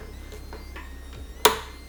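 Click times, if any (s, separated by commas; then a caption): 1.5 s. A makeup brush handle is pushed into the plastic/rubber collar on the spinner attachment of a Lilumia makeup brush cleaning device. After faint rubbing and handling sounds near 0.5 and 0.8 seconds, a sharp snap rings out at 1.5 seconds. The brush is seated correctly in its holder.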